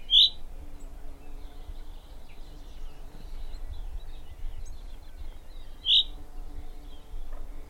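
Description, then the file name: Common chaffinch giving two short, sharp call notes about six seconds apart, with a low steady background hum and faint bird sounds. "Fringilla coelebs"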